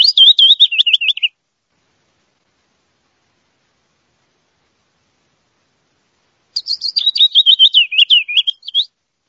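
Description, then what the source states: Willow Warbler song: two phrases of quick, sweet notes that drift mostly downward in pitch, one at the start and one near the end, with silence between. Song of a male.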